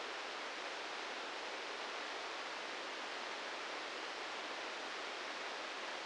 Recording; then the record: brain microelectrode recording played as sound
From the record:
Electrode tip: inside the subthalamic nucleus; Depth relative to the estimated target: -6 mm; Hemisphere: left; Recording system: NeuroSet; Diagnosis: Parkinson's disease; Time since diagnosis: 13 years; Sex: male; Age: 66 years